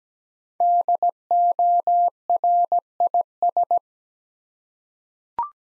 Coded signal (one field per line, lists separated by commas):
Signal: Morse code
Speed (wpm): 17 wpm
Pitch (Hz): 700 Hz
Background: none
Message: DORIS